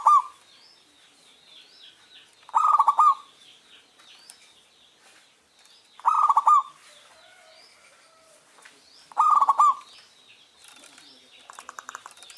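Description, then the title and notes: Zebra dove delivering brief bubbling coo phrases roughly every three seconds, while other small birds chirp and twitter softly in the background. Zebra dove song usable for mastering, that is, training other caged birds to sing. "Kupulan Burung Perkutut. burung perkutut yang bisa digunakan untuk memaster"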